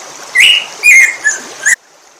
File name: bico de pimenta